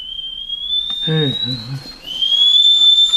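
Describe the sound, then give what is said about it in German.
A kettle whistles as water for coffee boils, with a steady, shrill high tone that creeps upward in pitch, then jumps to a louder, higher whistle; a short spoken exclamation cuts in partway through. “Oh, das Kaffeewasser kocht.”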